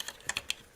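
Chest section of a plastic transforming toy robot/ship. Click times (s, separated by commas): 0.5 s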